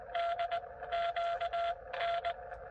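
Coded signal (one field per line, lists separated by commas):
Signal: Morse code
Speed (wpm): 20 wpm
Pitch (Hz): 700 Hz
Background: none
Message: DQN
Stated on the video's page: QRP CW POTA activation at 5 watts from a Xiegu X6100, keyed with a home-brew cootie sideswiper, on 15 and 20 meters.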